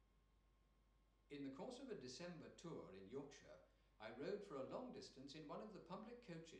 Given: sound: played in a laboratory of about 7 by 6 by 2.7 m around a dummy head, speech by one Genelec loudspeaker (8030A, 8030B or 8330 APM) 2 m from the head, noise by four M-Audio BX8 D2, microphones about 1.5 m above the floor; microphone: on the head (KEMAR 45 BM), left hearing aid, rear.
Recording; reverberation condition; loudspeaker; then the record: male speech in English; medium; 150 degrees to the left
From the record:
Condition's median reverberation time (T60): about 510 ms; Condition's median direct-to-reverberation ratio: about -0.5 dB